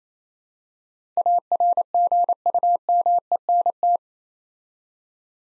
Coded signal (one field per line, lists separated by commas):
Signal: Morse code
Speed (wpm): 28 wpm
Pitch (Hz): 700 Hz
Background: none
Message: ARGUMENT